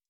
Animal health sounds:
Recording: hydrophone in a shrimp aquaculture tank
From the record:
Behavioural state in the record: stressed

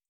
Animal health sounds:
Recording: hydrophone in a shrimp aquaculture tank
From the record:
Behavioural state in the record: feeding

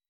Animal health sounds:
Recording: hydrophone in a shrimp aquaculture tank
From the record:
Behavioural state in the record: weakened

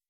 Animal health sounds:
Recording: hydrophone in a shrimp aquaculture tank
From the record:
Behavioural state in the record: weakened

